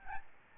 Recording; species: mosquito wingbeat signal from an infrared sensor; Aedes albopictus